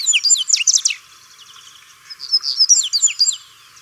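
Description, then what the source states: Yellow-bellied seedeater song: two bursts of rapid, high twittering notes with quick downward slurs, separated by a short pause. Bird recorded in Ecuador.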